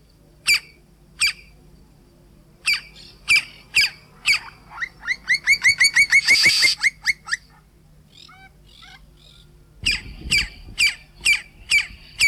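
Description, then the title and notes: Campo flicker with harsh single notes, then a fast accelerating series of rising notes building to a loud burst, followed by more spaced harsh calls. "Museo de Ciencias de Bahía Blanca. Carpintero Campestre (Colaptes campestris)"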